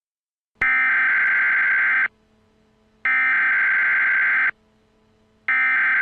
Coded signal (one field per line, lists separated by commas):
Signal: Emergency Alert System (SAME) tones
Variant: header bursts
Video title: EAS Mock - Nuclear Power Plant Warning (Alaska)